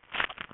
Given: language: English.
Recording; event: throat vibration sensor signal played as sound; swallow